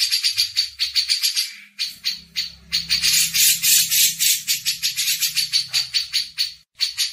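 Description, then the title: Grey-cheeked bulbul chattering in a dense, fast, uneven stream of buzzy notes over a faint low hum. Masteran training audio. "MASTERAN CUCAK JENGGOT"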